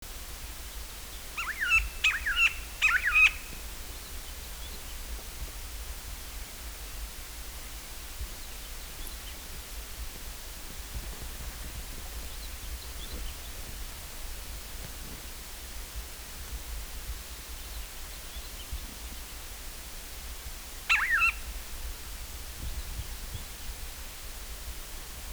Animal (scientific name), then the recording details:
Perisoreus infaustus. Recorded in the wild. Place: Halbinsel Kindo, Karelien, RU. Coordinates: 66.5478, 33.0211. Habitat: taiga. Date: 1996-06-23. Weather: overcast, ca. 10 °C. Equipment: Sony TCD-D3, Sennheiser MKH 70, Windkorb. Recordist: Frommolt, Karl-Heinz